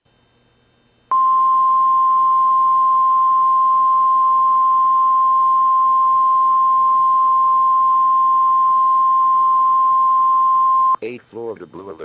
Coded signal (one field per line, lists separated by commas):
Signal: Emergency Alert System (SAME) tones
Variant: 1050 Hz attention tone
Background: speech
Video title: EAS 3008: Florida Blue Alert